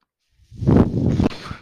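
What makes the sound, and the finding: Home mechanical ventilator. Mechanical ventilator sound.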